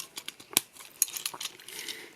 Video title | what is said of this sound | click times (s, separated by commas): Shinkalion the Animation Review - DXS01 - E5 Hayabusa | up and again everything on these toys click everything clicks into place | 0.6 s, 1.0 s